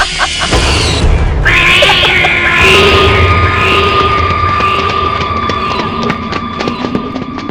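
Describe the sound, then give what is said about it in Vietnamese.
A cat lets out a long, shrill, drawn-out screech at night by an old tree, holding its pitch for several seconds over a loud, crackling wash of noise and sharp clicks. “Đúng lúc Tần Cẩm định đi vào thì cô nghe thấy một tiếng mèo kêu ré lên.”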